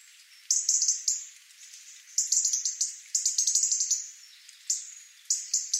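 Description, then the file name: European robin uttering high, thin, rapid twittering notes in clustered bursts separated by brief silences. "Erithacus rubecula"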